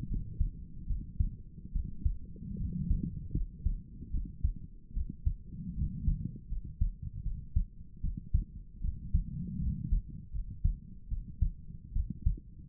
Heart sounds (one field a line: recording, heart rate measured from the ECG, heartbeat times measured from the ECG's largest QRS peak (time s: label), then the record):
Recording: heart sounds by stethoscope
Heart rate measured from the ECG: 76 bpm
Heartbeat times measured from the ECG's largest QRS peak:
0.09 s: heartbeat
0.88 s: heartbeat
1.73 s: heartbeat
2.58 s: heartbeat
3.34 s: heartbeat
4.12 s: heartbeat
4.94 s: heartbeat
5.76 s: heartbeat
6.50 s: heartbeat
7.24 s: heartbeat
8.02 s: heartbeat
8.82 s: heartbeat
9.60 s: heartbeat
10.33 s: heartbeat
11.09 s: heartbeat
11.94 s: heartbeat
From the record:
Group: healthy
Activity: rest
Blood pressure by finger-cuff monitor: 109/50 mmHg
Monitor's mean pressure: 67 mmHg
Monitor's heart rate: 76 bpm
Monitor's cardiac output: 7.7 L/min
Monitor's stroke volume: 106 mL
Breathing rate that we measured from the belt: 18 breaths a minute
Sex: female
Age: 22 years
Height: 160 cm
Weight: 63 kg